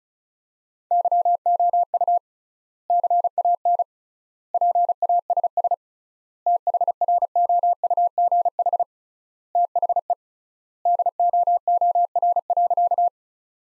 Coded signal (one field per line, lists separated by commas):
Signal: Morse code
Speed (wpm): 34 wpm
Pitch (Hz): 700 Hz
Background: none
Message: YOU CAN PASS THROUGH THE DOOR.